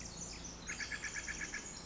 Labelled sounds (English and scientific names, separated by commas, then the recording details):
Pacific Wren (Troglodytes pacificus)
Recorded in Sonoma County, California